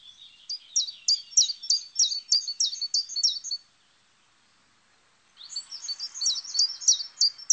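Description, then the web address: Common chiffchaff song: a string of quick, high, chipping notes, then about two seconds of silence before another note series returns over a soft hiss. "chants Pouillot veloce"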